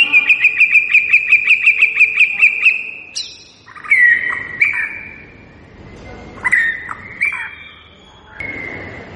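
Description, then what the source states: White-rumped shama song opening with a fast, even series of many repeated chirping notes, then slower, varied whistled phrases with breaks between them. Lure recording meant to make birds respond; singer described as gacor, lively and singing constantly.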